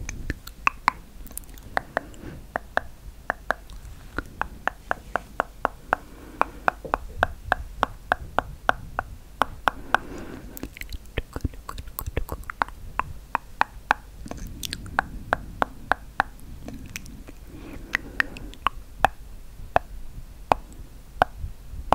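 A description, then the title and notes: Sharp tongue clicks repeat throughout, often in quick runs of two or three, a few every second. Between them come soft rustling and faint mouth sounds, with a low murmur swelling near the middle and again later. ASMR Tingly Tongue Clicking Hand Movements & Personal Attention.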